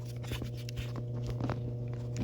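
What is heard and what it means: A Vitesse MotorSports throttle controller harness plug is handled at the throttle pedal connector of a 6th Gen Camaro LT1/SS, which has a red locking tab, making a few light ticks and rubbing scrapes over a steady low hum. Nothing has seated or clicked yet.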